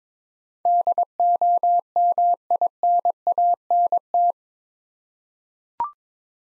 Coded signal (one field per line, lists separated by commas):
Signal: Morse code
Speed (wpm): 21 wpm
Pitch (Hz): 700 Hz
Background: none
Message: DOMINANT